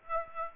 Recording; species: mosquito wingbeat signal from an infrared sensor; Aedes aegypti